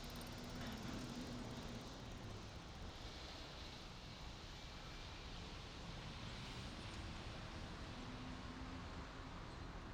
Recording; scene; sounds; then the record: everyday scene through a hearing-aid microphone; in traffic; traffic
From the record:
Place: main city hub, rush hour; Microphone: in the ear canal, right